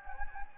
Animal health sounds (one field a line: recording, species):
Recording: mosquito wingbeat signal from an infrared sensor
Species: Anopheles gambiae